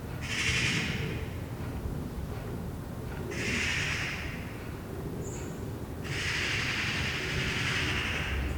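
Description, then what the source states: Eurasian magpies chattering: short harsh rattles early on, then a sustained dry chatter running over two seconds at the end, above a continuous low hum. Several magpies chattering in a tree beside a balcony in Saint-Gilles, Belgium, on a Sunday morning; recorded on a Sony PCM-D100.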